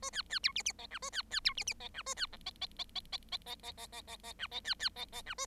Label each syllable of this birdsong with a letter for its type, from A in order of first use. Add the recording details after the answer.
A B B C D D E F A B B C D D E F A B G E E E E E E E E E E E E F E B B E E F A. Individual Bird7